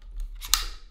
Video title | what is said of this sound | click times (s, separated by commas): Zhiyun Crane 3 How to Balance | clicking sound that little clicking sound means it's locked in safely | 0.5 s